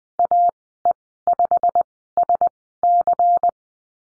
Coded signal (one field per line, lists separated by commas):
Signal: Morse code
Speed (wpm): 20 wpm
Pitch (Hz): 700 Hz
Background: none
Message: AE5SC